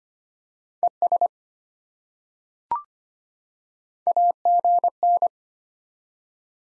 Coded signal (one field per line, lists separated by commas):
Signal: Morse code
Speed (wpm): 25 wpm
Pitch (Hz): 700 Hz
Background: none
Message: ES AGN